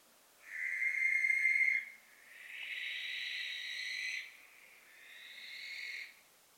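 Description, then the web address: Barn owl screeches, three harsh drawn-out hissing shrieks, each over a second long, the first loudest and the later ones fainter. "ptaki plomykowka"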